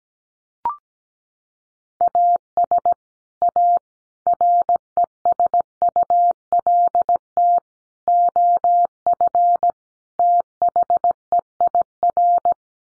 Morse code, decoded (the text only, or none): AS A RESULT OF THEIR